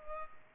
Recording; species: mosquito wingbeat signal from an infrared sensor; Culex pipiens